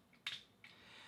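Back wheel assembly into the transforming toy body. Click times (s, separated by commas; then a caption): 0.3 s. The plastic back wheel assembly of a Cyberverse Ultra transforming toy is flipped up during conversion until it snaps into place on the toy body, giving a sharp, bright plastic click at 0.3 s. A second, fainter click follows at 0.6 s over a low background hiss, and the wheel section ends up seated.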